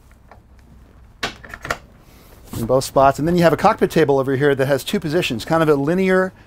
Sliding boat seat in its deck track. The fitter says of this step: a aftt setti that's on track so you basically can just slide it back and it locks into place